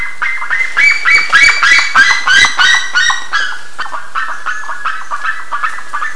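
Bird calls, loud ringing harmonic notes in a quick run that builds in the first seconds, then softer repeated notes continue.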